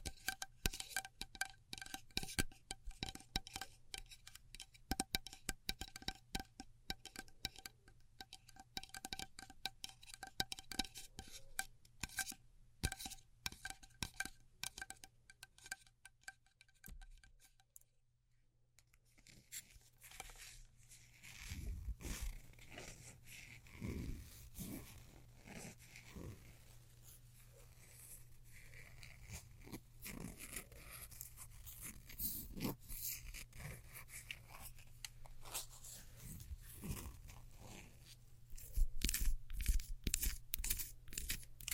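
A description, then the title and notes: Crinkly handling of glow sticks, sticky tape and scissors, with dense crackles early, a pause, then wetter squelches and snips. ASMR Neon Triggers（no Talking）. Glow Sticks, Slime, Sticky Tape, Scissors.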